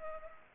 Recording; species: mosquito wingbeat signal from an infrared sensor; Culex pipiens